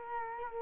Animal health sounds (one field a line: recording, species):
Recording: mosquito wingbeat signal from an infrared sensor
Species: Culex quinquefasciatus